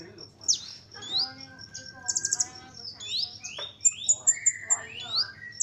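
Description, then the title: Small bird song, a lively mix of high thin chirps, slurred whistles and short rising notes, with softer squeaky twittering underneath. "Burung Kecil 1"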